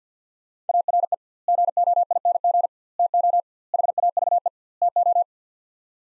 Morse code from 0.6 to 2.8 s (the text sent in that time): ARE GOING